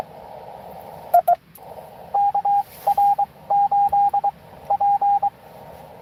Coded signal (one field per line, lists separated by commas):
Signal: Morse code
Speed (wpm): 23 wpm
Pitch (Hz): 810 Hz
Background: radio noise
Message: KR8P